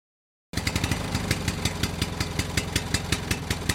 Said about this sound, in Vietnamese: Hoa chợt dừng lại khi nghe tiếng xe máy đậu ở ngoài sân